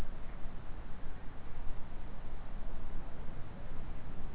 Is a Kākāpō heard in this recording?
no